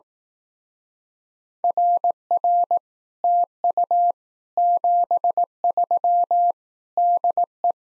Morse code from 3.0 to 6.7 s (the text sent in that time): TU 73